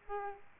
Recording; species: mosquito wingbeat signal from an infrared sensor; Aedes aegypti